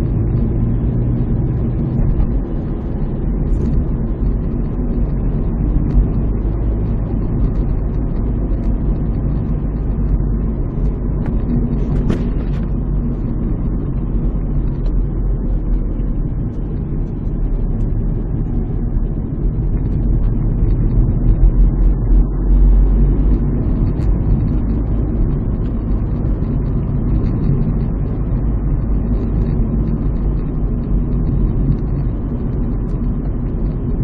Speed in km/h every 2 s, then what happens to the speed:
42, 51, 54, 57, 56, 53, 51, 47, 42, 39, 45, 54, 57, 56, 56, 53, 53.
0-5 speeds up to 57. 5-17 slows to 39. 19-23 speeds up to 57. 23-34 steady at about 56.